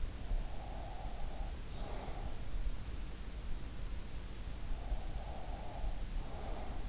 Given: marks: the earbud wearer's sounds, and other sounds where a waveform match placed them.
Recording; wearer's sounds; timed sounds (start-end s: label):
sounds in sleep by an in-ear microphone; breath
0.25-2.81 s: breath
4.65-6.89 s: breath